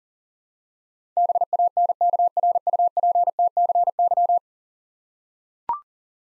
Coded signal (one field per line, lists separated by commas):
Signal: Morse code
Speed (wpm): 37 wpm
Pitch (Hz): 700 Hz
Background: none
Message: BANKRUPTCY